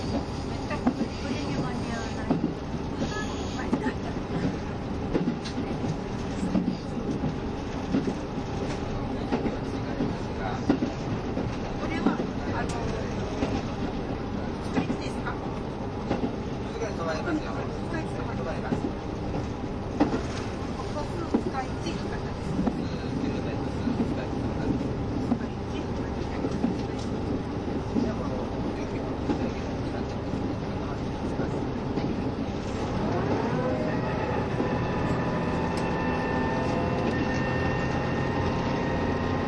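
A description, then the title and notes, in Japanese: Onboard running sound of a KiHa 72 series Yufuin no Mori diesel train between Yufuin and Ukiha: a steady, dense low rumble with clicking wheel beats throughout and faint speech in the background. Near the end, around 33 seconds, rising whining tones join the rumble. キハ72系 ゆふいんの森06号01 由布院～うきは。走行音。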